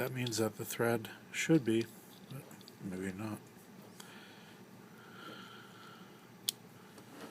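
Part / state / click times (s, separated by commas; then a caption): rebuildable atomizer core threading into the atomizer body / seated / 6.5 s. Someone talks while a rebuildable atomizer core is turned backwards on a second try to line up its threads with the atomizer body. A sharp click at 6.5 s marks the threads dropping into place, and the core is seated.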